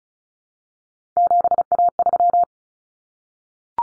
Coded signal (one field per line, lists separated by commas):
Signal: Morse code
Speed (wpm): 34 wpm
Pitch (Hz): 700 Hz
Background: none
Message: 7A3